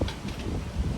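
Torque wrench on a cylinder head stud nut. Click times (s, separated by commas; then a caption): 0.0 s, 0.1 s. A click-type torque wrench set to 45 ft-lb is pulled with a firm, steady hand on a head stud nut on a 7.3L Powerstroke diesel cylinder head until it clicks at the setting. Sharp clicks are heard at 0.0 s and 0.1 s over a steady background rush, confirming the torque spec is reached.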